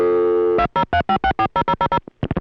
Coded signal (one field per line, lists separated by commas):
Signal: DTMF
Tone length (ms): 80 ms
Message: 2035640000